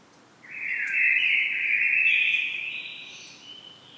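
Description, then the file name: Common blackbird song phrase: a single flowing whistled strophe, swelling then fading gradually over about three seconds. "Turdus merula"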